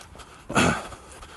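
A single loud, noisy breath rises out of quiet background hiss, a forceful rasping exhale lasting under half a second: heavy, effortful breathing in an adult man while running, breathing that is audibly not brilliant.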